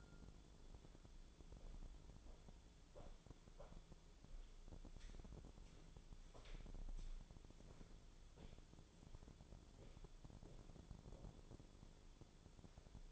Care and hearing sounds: daily activity, microphone in the room; walk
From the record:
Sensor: 5

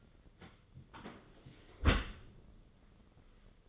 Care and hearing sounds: daily activity, microphone in the room; close dishwasher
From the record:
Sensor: 4

